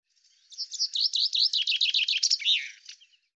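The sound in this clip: Common chaffinch delivering one full song: a run of sweet notes descending in steps, finishing with an emphatic terminal flourish.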